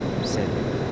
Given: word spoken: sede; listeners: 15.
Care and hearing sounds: one Spanish word in noise, from a listening test; speech-shaped noise; -6.2 dB; 1 of 15; 6 of 15; 0.52 s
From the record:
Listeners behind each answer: 6, 3, 2, 1, 1, 1, 1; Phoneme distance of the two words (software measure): 17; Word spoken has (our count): 2 syllables, 4 phonemes, stress on syllable 1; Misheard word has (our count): 1 syllable, 3 phonemes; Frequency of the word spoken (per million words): 64.02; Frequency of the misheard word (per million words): 1526.78

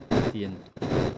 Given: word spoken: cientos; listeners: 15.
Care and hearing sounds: one Spanish word in noise, from a listening test; noise modulated by one talker; -7.1 dB; 1 of 15; 7 of 15; 0.78 s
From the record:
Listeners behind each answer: 7, 2, 2, 1, 1, 1, 1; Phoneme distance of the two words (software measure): 7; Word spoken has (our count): 2 syllables, 7 phonemes, stress on syllable 1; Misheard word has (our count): 2 syllables, 6 phonemes, stress on syllable 1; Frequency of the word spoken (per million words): 30.27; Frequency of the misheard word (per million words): 197.60

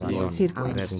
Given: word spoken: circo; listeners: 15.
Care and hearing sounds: one Spanish word in noise, from a listening test; four-talker babble; 1.0 dB; 2 of 15; 12 of 15; 0.60 s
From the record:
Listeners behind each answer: 12, 2, 1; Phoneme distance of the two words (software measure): 7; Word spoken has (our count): 2 syllables, 5 phonemes, stress on syllable 1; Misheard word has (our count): 2 syllables, 6 phonemes, stress on syllable 1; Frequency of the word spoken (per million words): 14.13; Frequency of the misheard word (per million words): 0.96

